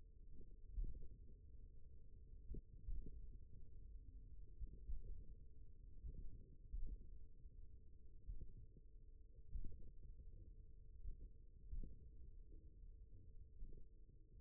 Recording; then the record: forearm muscle sounds (acoustic myography)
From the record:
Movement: finger pinch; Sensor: system 1, eight BSWA MPA416 microphones around the upper forearm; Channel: 2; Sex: male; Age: 41 years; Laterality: right